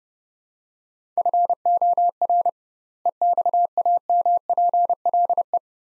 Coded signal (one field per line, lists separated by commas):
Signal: Morse code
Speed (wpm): 31 wpm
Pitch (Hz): 700 Hz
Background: none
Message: FOR EXAMPLE